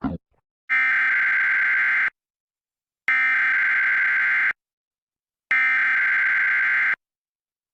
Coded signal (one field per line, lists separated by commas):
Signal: Emergency Alert System (SAME) tones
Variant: header bursts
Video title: EricGo! EAS test